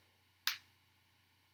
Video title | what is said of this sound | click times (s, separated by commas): Team Associated SC6 2 Build Part 14 Bag 9 Shock Assembly | counter clockwise first until i hear it sort of snap down in place | 0.5 s